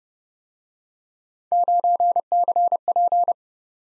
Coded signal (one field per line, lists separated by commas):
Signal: Morse code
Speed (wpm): 30 wpm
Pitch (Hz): 700 Hz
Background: none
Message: 9CP